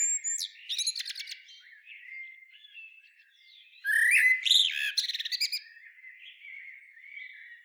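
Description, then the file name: Common blackbird song: soft, low warbling with scattered high chirps, then a louder fluted phrase breaking into rapid, high squeaky twitters midway, fading back to quiet warbles. "Turdus merula"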